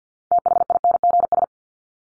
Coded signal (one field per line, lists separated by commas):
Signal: Morse code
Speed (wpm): 50 wpm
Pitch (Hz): 700 Hz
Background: none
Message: THINGS